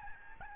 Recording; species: mosquito wingbeat signal from an infrared sensor; Aedes albopictus